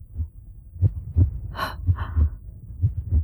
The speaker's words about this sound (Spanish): Los latidos de mi corazón. ¿No se confunden con el tic-tac de los relojes?